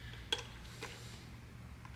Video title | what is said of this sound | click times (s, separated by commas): Transalp Plug & Play Aux Light Kit - 3D Cycle Parts (How to Install) | I could barely hear this one click | 0.3 s